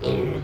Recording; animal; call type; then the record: contact call of a hoofed animal; pig; closed-mouth grunt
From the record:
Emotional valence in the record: negative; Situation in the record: short social isolation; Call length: 0.43 s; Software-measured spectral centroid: 1570 Hz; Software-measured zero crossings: 1030 a second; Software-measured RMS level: -24 dBFS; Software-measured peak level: -11 dBFS